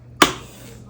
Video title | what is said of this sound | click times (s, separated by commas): My First PC Build! | Listen for those two clicks. | 0.2 s